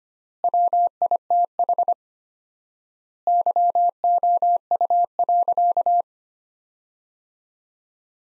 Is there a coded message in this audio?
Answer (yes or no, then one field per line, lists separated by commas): yes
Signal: Morse code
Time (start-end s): 0.4-6.0 s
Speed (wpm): 25 wpm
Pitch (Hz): 700 Hz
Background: none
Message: WITH YOU.